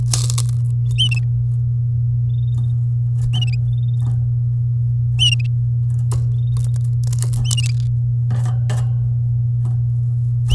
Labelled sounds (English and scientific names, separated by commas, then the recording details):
Domestic Canary (Serinus canaria) song
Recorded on 10 May 2018 at 08:18
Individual llb16